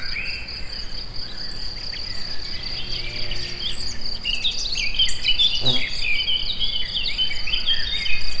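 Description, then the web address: Insects giving a steady, high, buzzing trill that runs unbroken throughout, while birds add scattered chirps and twittering notes. Insects recorded close-up in nature, near a tourist house. "allathangok termeszetben rovarok kozelrol egerturistahaz"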